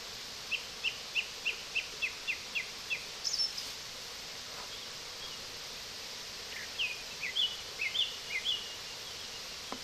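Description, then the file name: Brown-headed thrush song: a run of several even, clipped whistled notes, then a pause and a few varied warbled notes, with a faint high note between. "akahara"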